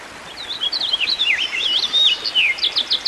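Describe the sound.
Songbird song of flowing, wavering whistled notes that dip and rise, closing with a burst of quick repeated chirps, over low background noise.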